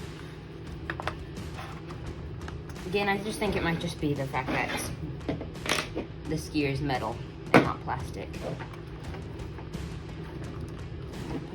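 Someone talks while handling the red plastic cover section of an Arrma Mega Typhon RC truck after its electric motor swap, pushing it toward the chassis with a few light taps and knocks. Nothing has seated or clicked yet.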